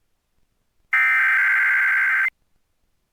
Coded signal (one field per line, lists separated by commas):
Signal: Emergency Alert System (SAME) tones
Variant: header bursts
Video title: New York City Monthly Test on WEPN-FM (TJ 98.7) (9/4/2024) (EAS #146)